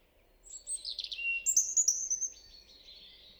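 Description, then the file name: European robin singing a thin, high, varied phrase of quick trills and sliding whistles that tumbles along before fading out. "Erithacus rubecula"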